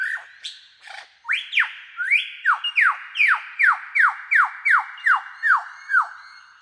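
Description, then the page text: Superb lyrebird song: a few varied opening notes, then a steady run of loud, sweeping whistles repeated about two or three times per second. "Большая птица-лира - Superb Lyrebird (Menura novaehollandiae)"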